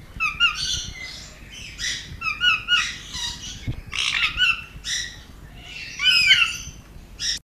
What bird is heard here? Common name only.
Purple-naped Lory